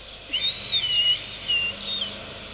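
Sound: whistling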